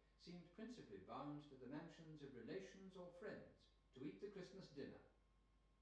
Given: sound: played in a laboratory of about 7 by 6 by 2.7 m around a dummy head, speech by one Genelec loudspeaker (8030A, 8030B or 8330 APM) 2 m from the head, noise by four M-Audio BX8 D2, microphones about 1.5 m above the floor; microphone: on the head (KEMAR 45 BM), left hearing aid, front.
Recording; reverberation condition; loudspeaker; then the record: male speech in English; medium; 120 degrees to the right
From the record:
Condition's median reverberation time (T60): about 510 ms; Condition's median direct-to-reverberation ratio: about -0.5 dB